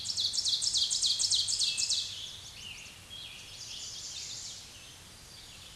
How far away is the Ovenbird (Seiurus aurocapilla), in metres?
about 15 m